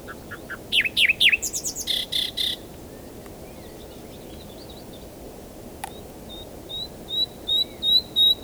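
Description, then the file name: Common nightingale phrases: sharp swooping notes and a rapid stuttering series, a pause broken by a click, then a string of evenly repeated whistled notes against faint hiss. "Luscinia megarhynchos"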